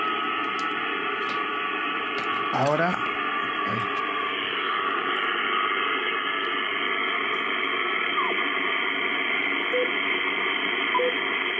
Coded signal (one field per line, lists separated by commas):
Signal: FT8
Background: speech